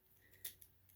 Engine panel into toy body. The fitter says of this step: that's okay that's a good snap you're all right if you hear that snap